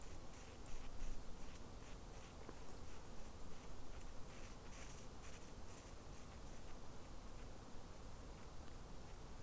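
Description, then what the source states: Rock wren chicks giving begging calls: a rapid, nearly continuous series of very high, thin squeaky notes, several per second, over a faint steady hiss. Chicks begging; New Zealand.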